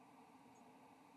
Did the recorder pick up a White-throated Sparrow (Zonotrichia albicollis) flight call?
no